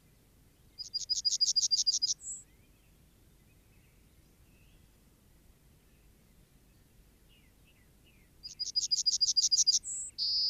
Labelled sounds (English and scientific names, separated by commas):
Yellowhammer (Emberiza citrinella)